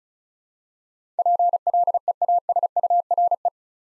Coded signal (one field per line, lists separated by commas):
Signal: Morse code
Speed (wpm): 36 wpm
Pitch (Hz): 700 Hz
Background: none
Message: PLEASURE